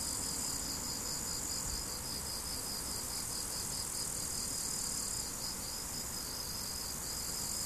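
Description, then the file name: Crickets give a continuous string of quick, regular high chirps, layered with a sharper hissing insect drone and light low-frequency rumble. Crickets recorded 17 July 2012 with an MZ-N710 recorder. "mz-n 710 grillons 17 07 2012"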